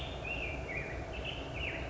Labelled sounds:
Black-headed Grosbeak

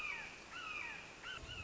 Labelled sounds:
Red-shouldered Hawk

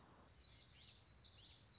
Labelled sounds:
Common Yellowthroat

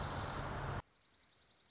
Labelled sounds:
Dark-eyed Junco

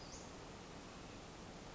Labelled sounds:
Western Flycatcher

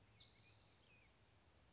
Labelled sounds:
Spotted Towhee

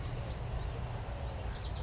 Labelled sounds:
California Towhee

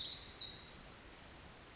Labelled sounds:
Pacific Wren

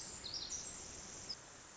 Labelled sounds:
Pacific Wren

